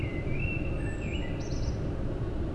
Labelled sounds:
Common Blackbird
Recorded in Germany
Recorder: ecoPi

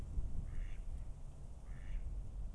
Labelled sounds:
Mallard
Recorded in Germany
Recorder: ecoPi

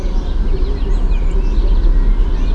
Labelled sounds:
Song Thrush
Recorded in Germany
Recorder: ecoPi

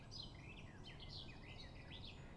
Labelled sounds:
Eurasian Blackcap
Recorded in Germany
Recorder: ecoPi

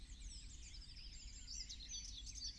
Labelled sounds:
Eurasian Blue Tit
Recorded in Germany
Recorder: ecoPi

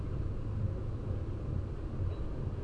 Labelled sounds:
none
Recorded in Germany
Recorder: ecoPi

